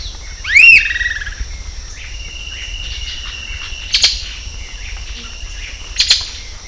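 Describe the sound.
Bird gives a single arched note that rises then falls near the start. Two loud clicking bursts follow later, with a continuous high-pitched whine underneath.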